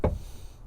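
A wiring harness plug is pushed onto the terminals of a door speaker in a 1999–2006 GM truck, after noting which wire is the ground. A sharp, short snap at 0.0 s shows the connector popping in and seating, followed by a low, quiet tail and a faint tick near 0.7 s.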